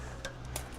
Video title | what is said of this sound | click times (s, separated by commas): Dad Mode Garage Geo Tracker Project | I hear two snaps. | 0.2 s, 0.6 s